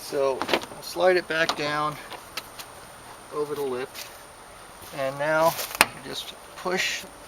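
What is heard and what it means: Someone talks while sliding the interior door trim panel of a Mazda CX-7 back down over the window lip during a speaker replacement/upgrade, readying it to be pushed onto the door so its plastic trim clips lock into the metal door frame, with any broken trim clips replaced first. A brief sharp sound comes at about 2.4 s. Nothing has seated or clicked into place yet.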